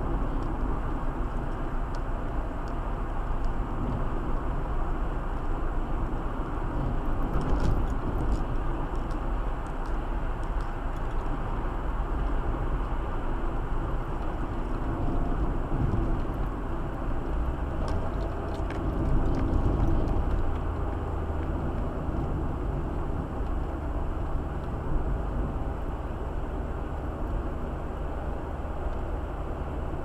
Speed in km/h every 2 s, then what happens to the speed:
69, 70, 72, 73, 74, 75, 73, 69, 65, 62, 60, 56, 55, 57, 56.
0-11 steady at about 72. 11-21 slows to 56. 21-30 steady at about 56.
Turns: none.